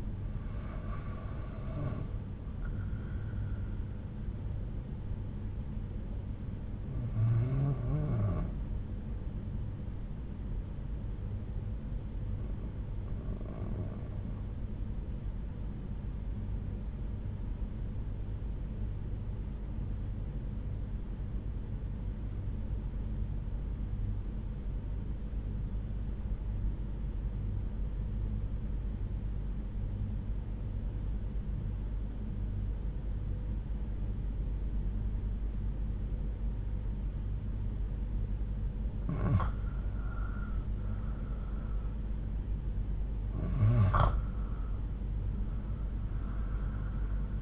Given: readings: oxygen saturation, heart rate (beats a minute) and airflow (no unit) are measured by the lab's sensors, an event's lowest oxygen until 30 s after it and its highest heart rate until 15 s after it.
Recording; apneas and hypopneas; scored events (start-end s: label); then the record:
breathing in sleep by a smartphone at the bedside; 1
18.00-39.10 s: obstructive apnea (N2, oxygen 94% highest, then 82% lowest)
26.00-47.42 s: new sleep stage, REM sleep
From the record:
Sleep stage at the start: N2 (light sleep); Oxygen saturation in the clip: 90 to 94%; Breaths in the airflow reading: 5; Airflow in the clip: -7.6 to 7.6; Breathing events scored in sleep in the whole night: 368 in 8.0 hours asleep